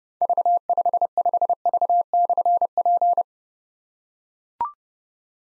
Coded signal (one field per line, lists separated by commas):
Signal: Morse code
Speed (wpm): 30 wpm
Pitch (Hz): 700 Hz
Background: none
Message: V55V/P